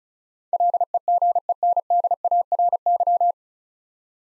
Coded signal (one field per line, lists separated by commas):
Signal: Morse code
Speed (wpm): 36 wpm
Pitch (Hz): 700 Hz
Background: none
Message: LEGENDARY